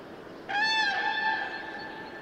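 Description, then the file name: Common crane giving one loud, rich trumpeting note that starts abruptly and holds a steady pitch with a slight waver, slowly growing fainter. "Trana"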